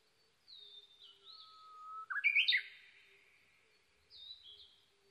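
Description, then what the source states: Japanese bush warbler song, a long low whistle jumping into a loud, twisting, rising phrase, with soft high chirps before and after. Recorded 22 May 2011 at 05:58.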